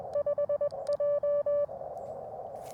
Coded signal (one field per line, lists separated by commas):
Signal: Morse code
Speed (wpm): 20 wpm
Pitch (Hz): 580 Hz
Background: music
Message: 5J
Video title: Black Friday CW POTA at W. Goodrich State Park KX2 & AX1